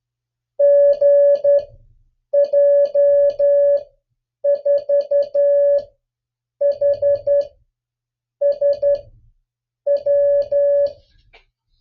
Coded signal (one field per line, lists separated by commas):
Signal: Morse code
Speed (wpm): 11 wpm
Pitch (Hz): 560 Hz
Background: music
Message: GJ4HSW